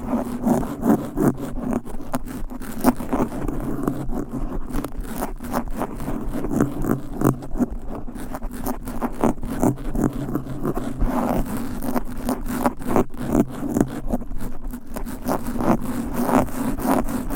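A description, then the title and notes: Fast, aggressive scratching right against a microphone, dense rough rasps repeating rapidly and unevenly for the whole stretch, heavy and low with crackly edges. ASMR Fast and Aggressive Mic Scratching. No Talking.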